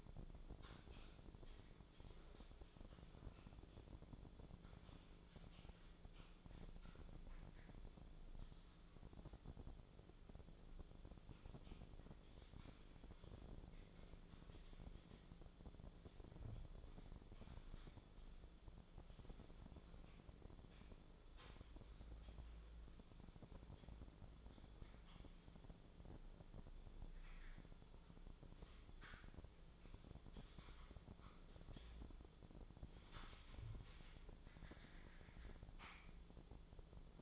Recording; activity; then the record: daily activity, microphone in the room; typing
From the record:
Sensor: 5